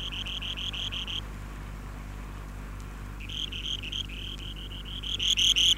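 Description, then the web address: Buff-breasted sandpiper giving rapid series of short, bright ticking notes in two bursts with a pause between, over a steady low hum. "tryngites subruficollis"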